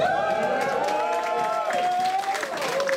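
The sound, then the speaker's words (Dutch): An audience at a comedy show claps steadily while voices cheer and whoop over it, the noise holding at an even, lively level for the full few seconds. “Jongens, ja, gaan we door met een applaus, alsjeblieft.”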